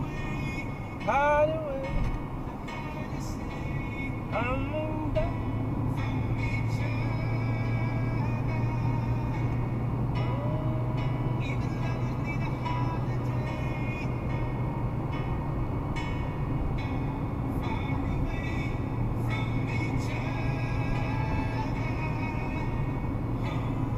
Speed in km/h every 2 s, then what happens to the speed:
109, 113, 118, 123, 127, 129, 129, 127, 122, 123, 122, 121.
0-9 speeds up to 129. 9-24 slows to 121.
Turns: none.